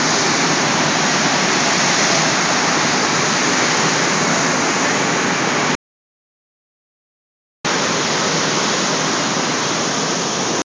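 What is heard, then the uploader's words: Water pours steadily from a reservoir release, a dense, unbroken roar filling lows and highs alike with no single splashes standing out. It sounds constant, then cuts to complete silence for about two seconds near the middle before resuming unchanged. Merritt Reservoir River Release. Approximately 100 cfs river release according to Ainsworth Irrigation District staff. This is the combined flow from the two smaller “chutes” in the foreground. The wider spillway in the background is ungauged flow from the morning glory outlet.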